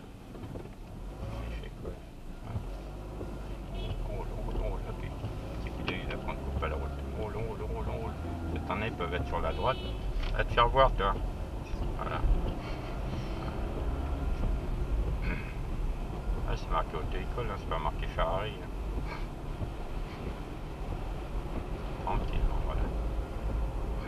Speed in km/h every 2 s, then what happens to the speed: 1, 8, 19, 16, 19, 29, 37, 37, 39, 40, 43, 44.
0-24 pulls away to 44.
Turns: none.